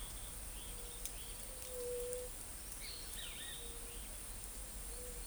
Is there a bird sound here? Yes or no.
yes